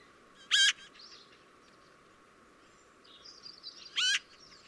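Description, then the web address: Eurasian magpie producing two rasping, chattering notes about three and a half seconds apart, with soft twittering from other birds in the background. "chant xeno-canto pie bavarde"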